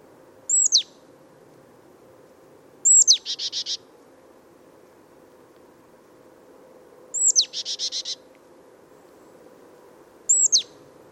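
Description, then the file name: Marsh tit with sharp, high, downslurred call notes, two followed by short bursts of buzzy, rapid notes, spaced a few seconds apart. "Poecile palustris"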